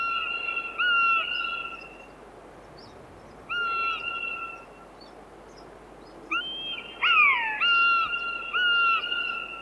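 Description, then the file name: Common buzzard mewing repeatedly, plaintive drawn-out calls, some level and some falling steeply, over a steady background hiss. "Golosa ptic i zverei - Kaniuk"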